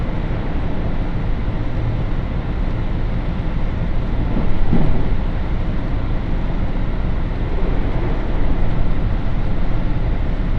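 A train runs along the Tokaido Main Line with a steady, dense rumble of wheels and motor, heavy in the low end and even in level throughout. Around four to five seconds the sound briefly swells with a sharper clatter, then settles back into the continuous roar.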